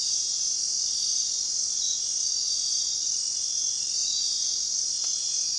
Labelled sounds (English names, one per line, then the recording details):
none
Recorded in dense forest near Puerto Asís, Putumayo, Colombia, on 13 March 2025 at 01:00
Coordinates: 0.499, -76.324
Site GP03